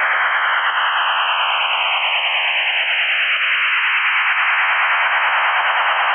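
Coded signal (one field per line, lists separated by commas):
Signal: HF data modem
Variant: STANAG 4285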